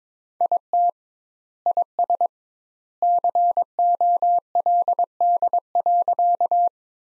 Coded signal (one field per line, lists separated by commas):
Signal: Morse code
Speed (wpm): 22 wpm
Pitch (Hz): 700 Hz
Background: none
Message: IT IS COLD.